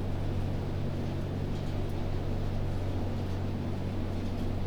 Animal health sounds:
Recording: poultry house recording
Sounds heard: no chicken sound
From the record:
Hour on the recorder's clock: 3

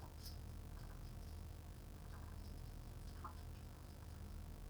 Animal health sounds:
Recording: poultry house recording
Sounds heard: sick chickens (respiratory disease)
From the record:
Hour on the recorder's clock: 16

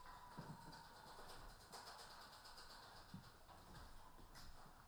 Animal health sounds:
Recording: poultry house recording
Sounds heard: healthy chickens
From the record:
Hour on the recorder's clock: 14

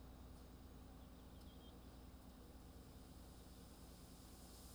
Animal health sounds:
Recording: poultry house recording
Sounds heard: healthy chickens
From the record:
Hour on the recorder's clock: 2

